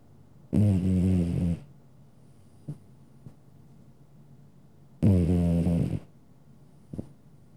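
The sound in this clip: Domestic cat snoring: two drawn-out, grating snores roughly four seconds apart, separated by soft ticks and faint breaths.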